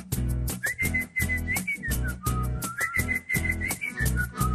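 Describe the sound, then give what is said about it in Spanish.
A person whistles a short, lively tune, the steady pitch stepping up and down between notes, over a loud rhythmic backing with repeated percussive hits and low bass. “muy tranquilo de su truco musical, le silbó la cancioncita con toda seguridad.”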